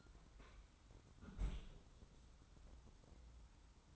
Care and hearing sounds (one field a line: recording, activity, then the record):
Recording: daily activity, microphone in the room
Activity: close fridge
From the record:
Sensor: 3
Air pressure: 994.4 hPa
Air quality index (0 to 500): 209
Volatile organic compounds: 1000 ppm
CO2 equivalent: 6968 ppm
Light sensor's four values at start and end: 199/480/203/203 and 198/476/201/201